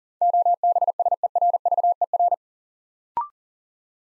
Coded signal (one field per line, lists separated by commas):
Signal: Morse code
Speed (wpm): 40 wpm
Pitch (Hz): 700 Hz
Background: none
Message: OBSERVER